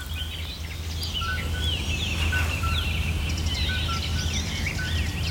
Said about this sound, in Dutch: Ja, dit is de buitenmicrofoon met allemaal mussen en zwaluwen.